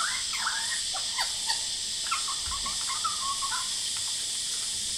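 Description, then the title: Lyrebird song, scattered whistled notes and quick downward sweeps under a loud steady hiss of cicadas. Male, Horsfield Bay, New South Wales, Australia, 23 January 2017, singing vigorously outside a window, with loud cicadas calling; noise reduction applied. "Lyrebird - Horsfield Bay NSW, Jan 23 2017"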